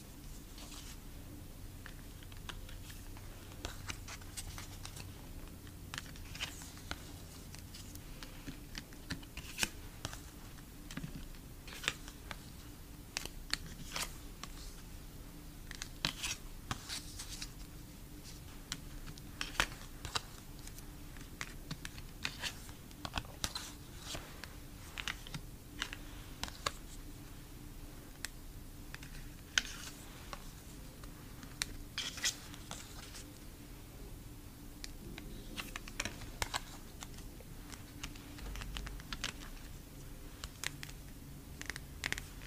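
Photocards being tapped, a steady run of small, sharp clicks through the whole recording. The taps come quickly and irregularly, sometimes in tight flurries, over a constant low hum that holds underneath from start to finish.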